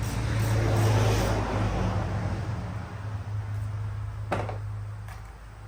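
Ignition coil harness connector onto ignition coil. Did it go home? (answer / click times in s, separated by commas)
yes / 4.3 s, 5.1 s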